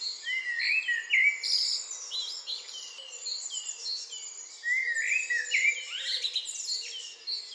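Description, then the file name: Eurasian blackbird fluting warbled phrases twice, each trailing into twitters, over a chorus of other birds' high repeated notes. "Turdus merula"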